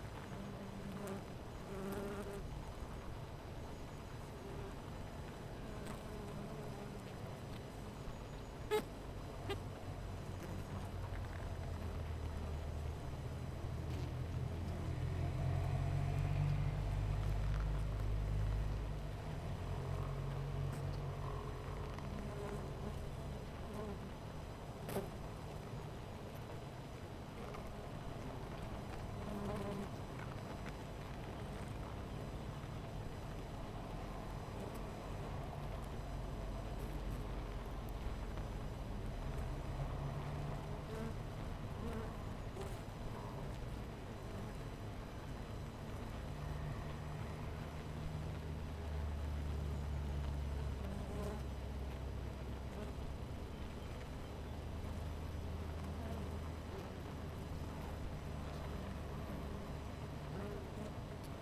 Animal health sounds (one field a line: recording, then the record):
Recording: honeybee colony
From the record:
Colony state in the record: missing queen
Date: 14 July 2017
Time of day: 10:40